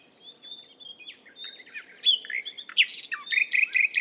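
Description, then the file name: Common nightingale song opening with thin drawn-out whistles, then breaking into rapid chirps and a loud series of repeated clear notes. "Luscinia megarhynchos"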